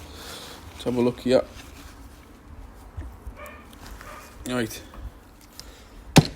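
Someone talks while pushing the greased pivot pin of a Mercedes ML W163 M-Class throttle pedal assembly through its housing. A sharp, loud hit at 6.2 s marks the pin popping into place and seating.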